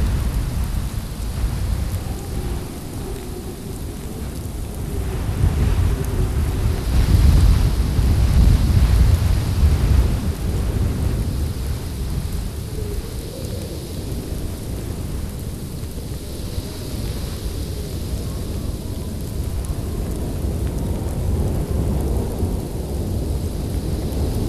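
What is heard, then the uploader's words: A blizzard roars steadily, a dense low rumble of wind that swells to its strongest around seven to ten seconds, then settles into a constant heavy drone. Faint whistling tones rise and fall in the middle range, with a soft hiss above. Intense Snow Blizzard Sounds. The eerie yet comforting sounds of a winter snowstorm.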